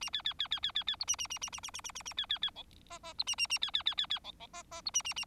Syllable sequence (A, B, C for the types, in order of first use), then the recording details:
A B B B B B B B C A A A A A A A A A A B B B D E E C A A A B B B B B D D E E C A A A. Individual Bird4